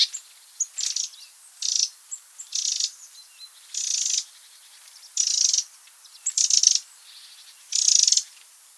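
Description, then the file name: Eurasian wren repeating harsh, buzzy rattling calls at fairly regular intervals, several bursts, with a few faint chirps in between. "Troglodytes troglodytes"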